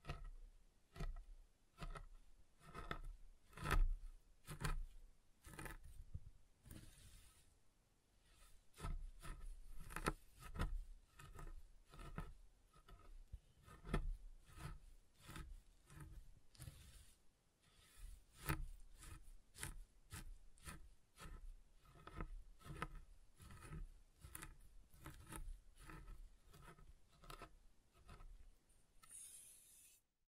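Soft and hard soap is tapped and carved in dense, quick scraping and tapping strokes that continue throughout, with brief pauses near 7 and 17 seconds.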